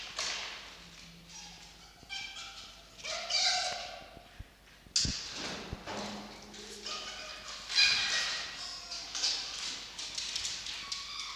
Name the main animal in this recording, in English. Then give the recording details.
Red Fox. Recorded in captivity. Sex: group. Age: adult. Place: Zoologisches Institut der HUB, Berlin, DE. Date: 1953-02-27 17:50. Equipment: Elmetra. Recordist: Tembrock, Günter. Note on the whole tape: Mucki (hinter Jupp her): Begrüßungswinseln; Jupp (kurz): Ranzwinseln; Fiffi (Drohen gegen Mucki): Winseln in Keifen (Drohen) übergehend